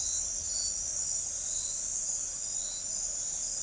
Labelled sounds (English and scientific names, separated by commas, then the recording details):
none
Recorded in forest near Pivijay, Magdalena, Colombia, on 6 June 2023 at 22:30
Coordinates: 10.467, -74.380
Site Z5-G034